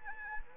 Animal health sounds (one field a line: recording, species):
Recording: mosquito wingbeat signal from an infrared sensor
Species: Anopheles arabiensis